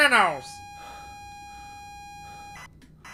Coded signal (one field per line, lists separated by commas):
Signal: ZX Spectrum tape loading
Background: speech